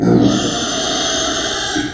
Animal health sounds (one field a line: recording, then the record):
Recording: squeal of a Yucatan mini pig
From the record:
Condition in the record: before surgery on the right vocal fold (resection and tissue-engineered implant)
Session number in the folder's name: 3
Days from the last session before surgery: 0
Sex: female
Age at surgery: 19 weeks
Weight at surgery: 25 kg